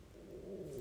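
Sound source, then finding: Abdomen. Stomach growling (borborygmi).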